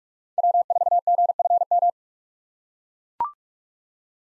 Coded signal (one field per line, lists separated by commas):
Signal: Morse code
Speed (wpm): 43 wpm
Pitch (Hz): 700 Hz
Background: none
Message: W4GFM